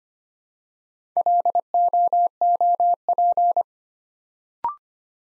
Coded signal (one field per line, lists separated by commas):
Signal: Morse code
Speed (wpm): 25 wpm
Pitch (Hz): 700 Hz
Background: none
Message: LOOP